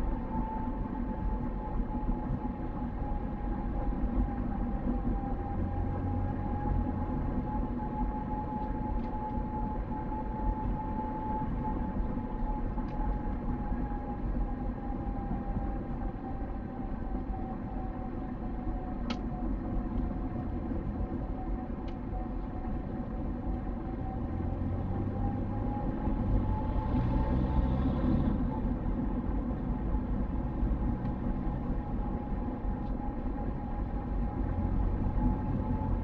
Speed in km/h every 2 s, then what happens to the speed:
47, 45, 47, 48, 49, 48, 46, 44, 42, 42, 42, 44, 49, 49, 48, 47, 47, 50.
0-10 steady at about 47. 10-20 slows to 42. 20-24 speeds up to 49. 24-36 steady at about 48.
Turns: none.